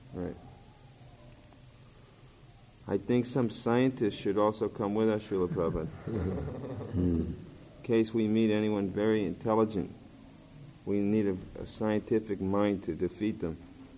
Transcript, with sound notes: Right. I think some scientist should also come with us, Śrīla Prabhupāda, [laughter] in case we meet anyone very intelligent, we need a scientific mind to defeat them.